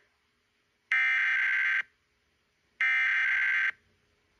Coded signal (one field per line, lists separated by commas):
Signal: Emergency Alert System (SAME) tones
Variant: header bursts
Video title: [EAS #2771] Orange County Required Monthly Test via KSBR 88.5